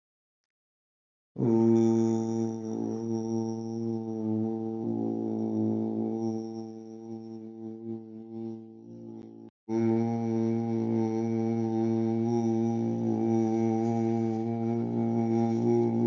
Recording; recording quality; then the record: sustained vowel as in boot; excellent, no background noise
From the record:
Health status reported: healthy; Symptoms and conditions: none ticked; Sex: male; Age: 47 years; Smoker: yes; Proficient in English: yes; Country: India